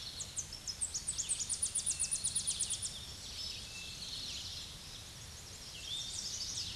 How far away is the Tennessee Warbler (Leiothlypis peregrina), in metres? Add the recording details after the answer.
about 30 m. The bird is about 5 m above the microphone. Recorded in a Pennsylvania forest on 16 May 2024 at 06:23. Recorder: AudioMoth, point MSD-2429. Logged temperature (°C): 16.7 °C. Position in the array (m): 77 m, 87 m